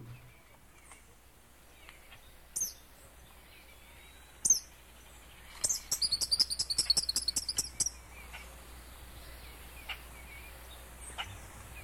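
Eastern kingbird calls: a rapid sputtering series of high, sharp notes in the middle, after a few isolated short high chips; faint low background hum.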